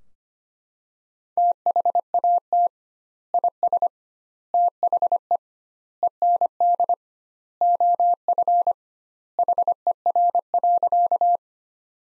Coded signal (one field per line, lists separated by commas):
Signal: Morse code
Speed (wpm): 25 wpm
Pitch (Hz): 700 Hz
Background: none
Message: THAT IS THE END OF HER.